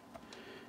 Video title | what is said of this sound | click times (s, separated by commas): Apple Mac Mini Core i7 2.7GHz Crucial Memory Upgrade & Benchmarks | into this bottom slot and then we're just going to ease that in so that's in you could hear it click into place | 0.3 s